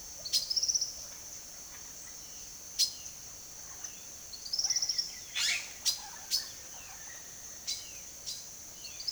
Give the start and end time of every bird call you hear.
0.06s-0.91s: bird call (1.3-11.3 kHz)
2.03s-9.10s: bird call (0.3-11.1 kHz)

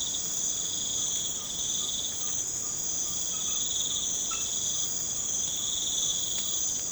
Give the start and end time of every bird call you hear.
0.95s-3.66s: bird call (0.8-1.8 kHz)

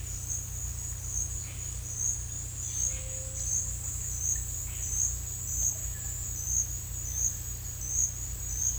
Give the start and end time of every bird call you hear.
2.84s-3.39s: bird call (0.4-1.2 kHz)

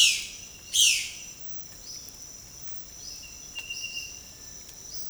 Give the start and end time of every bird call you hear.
0.00s-1.15s: bird call (0.9-9.0 kHz)
1.78s-5.05s: bird call (1.3-6.4 kHz)

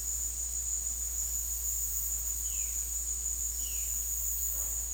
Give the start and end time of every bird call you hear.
2.35s-4.00s: bird call (1.4-3.8 kHz)

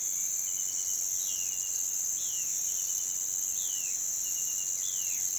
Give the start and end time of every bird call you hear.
0.98s-5.26s: bird call (1.6-4.2 kHz)

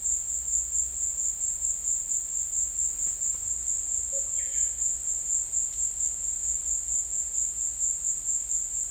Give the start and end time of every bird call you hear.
4.02s-4.99s: bird call (0.1-3.3 kHz)

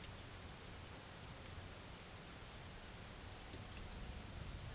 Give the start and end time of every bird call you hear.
4.36s-4.75s: bird call (3.8-6.0 kHz)

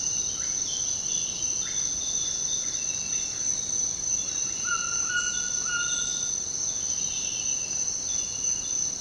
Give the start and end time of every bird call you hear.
0.00s-1.79s: bird call (0.9-2.4 kHz)
4.62s-6.56s: bird call (0.8-2.0 kHz)

